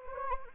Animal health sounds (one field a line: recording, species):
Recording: mosquito wingbeat signal from an infrared sensor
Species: Anopheles arabiensis